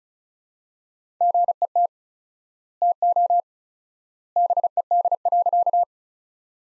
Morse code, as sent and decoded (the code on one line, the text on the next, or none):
--. . - / - --- / -... . -.. .-.-.-
GET TO BED.